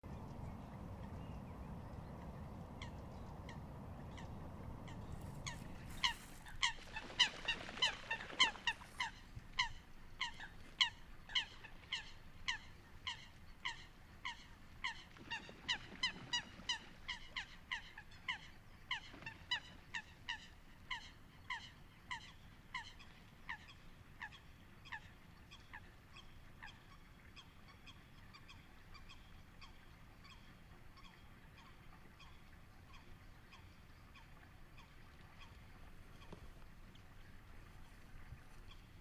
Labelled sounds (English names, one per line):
Eurasian Coot call